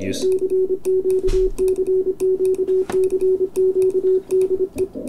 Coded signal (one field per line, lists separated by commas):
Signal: Morse code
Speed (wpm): 25 wpm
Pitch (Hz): 380 Hz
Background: speech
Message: CQCQCQDE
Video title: EI2KC hacksaw blade key Mark II test